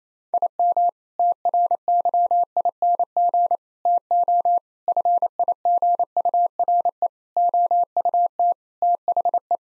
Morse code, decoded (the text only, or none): IM TRYING TO FIGURE OUT THE